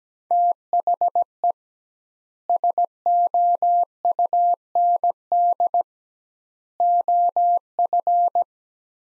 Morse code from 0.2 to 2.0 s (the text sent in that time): THE